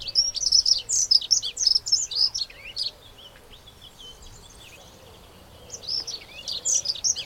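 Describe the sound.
Dunnock song: a fast, high jingling warble in two bursts, the first about three seconds long, the second starting after a quiet pause.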